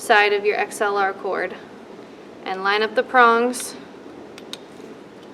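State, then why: Seated. Someone talks while lining up the prongs of a female XLR cable end with the pins of an EV dynamic microphone. The connector is pushed on, and a soft tick at 4.4 s is followed by a sharp latch click at 4.5 s as the XLR connector seats.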